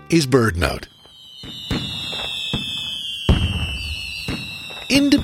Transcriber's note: sound of fireworks